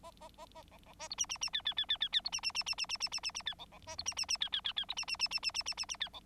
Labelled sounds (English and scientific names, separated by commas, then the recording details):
Bengalese Finch (Lonchura striata domestica) song
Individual Bird9